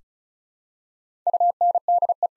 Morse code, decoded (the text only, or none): UNDE